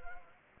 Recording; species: mosquito wingbeat signal from an infrared sensor; Anopheles gambiae